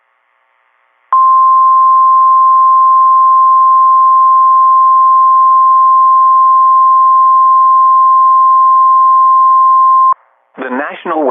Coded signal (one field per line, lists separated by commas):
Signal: Emergency Alert System (SAME) tones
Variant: 1050 Hz attention tone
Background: speech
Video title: EAS #1,927 Online NOAA Weather Radio Severe T’storm Warning #9 5/16/25